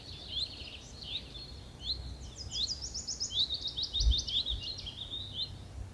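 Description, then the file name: Common redstart song: short high twittering phrases with rapid trills, repeated several times over low rumbling noise. "Gartenrotschwanz"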